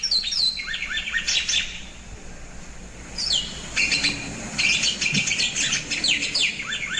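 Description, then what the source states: White Wagtail calls: sharp chirping notes in bursts, with a short quieter spell near the middle, over a faint low hum. Species breeds in Eurasia, the mountains of Morocco and western Alaska, and winters in tropical and subtropical Africa and Southeast Asia.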